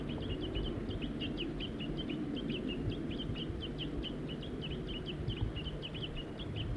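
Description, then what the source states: Crossbills calling: rapid, repeated short chip notes from several birds, nearly continuous, over a steady low rumble. Whole family of four crossbills, adults and juveniles, in Virginia and Table Mountain pines.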